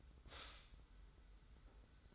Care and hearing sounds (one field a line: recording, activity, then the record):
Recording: daily activity, microphone in the room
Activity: stop toaster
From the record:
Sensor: 3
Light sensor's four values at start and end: 38/91/37/34 and 38/91/37/34